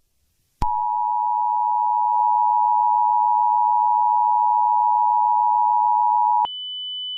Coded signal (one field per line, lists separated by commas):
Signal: Emergency Alert System (SAME) tones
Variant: 853 and 960 Hz attention tone